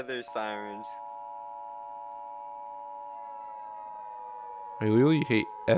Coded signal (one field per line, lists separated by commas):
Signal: Emergency Alert System (SAME) tones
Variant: 853 and 960 Hz attention tone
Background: speech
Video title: Reacting To EAS Scenario #3: Error